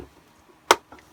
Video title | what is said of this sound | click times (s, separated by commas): 501st ECG Armory - Shadow Trooper Build - Part 17 (TK-6744) | that snaps in nice | 0.7 s